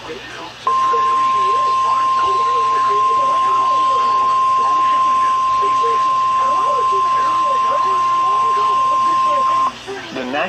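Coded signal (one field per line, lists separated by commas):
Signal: Emergency Alert System (SAME) tones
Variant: 1050 Hz attention tone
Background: speech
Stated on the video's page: Severe thunderstorm warning on NOAA weather radio station, Stillwater, Oklahoma, from the Norman weather service office.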